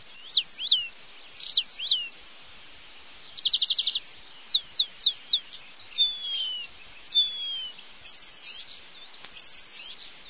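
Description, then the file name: Eurasian penduline tit song: bursts of high chips, a fast buzzy trill, thin falling whistles and further rapid trills, all very high-pitched. "canto Pajaro Moscon"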